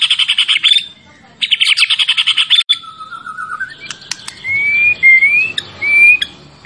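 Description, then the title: White-rumped shama: songbird giving fast buzzy trills, a low whistle, sharp clicks and then thin rising whistled notes. Champion white-rumped shama; recording used for training songbirds (masteran). "Masteran Murai Batu Juara"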